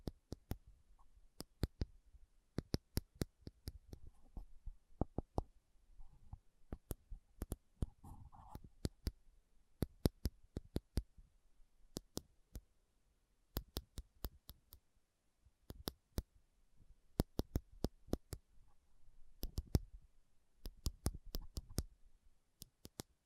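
Slow tapping on metal, sharp bright clicks in irregular clusters with short pauses between, over a faint low rumble and occasional soft thumps.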